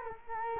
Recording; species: mosquito wingbeat signal from an infrared sensor; Culex quinquefasciatus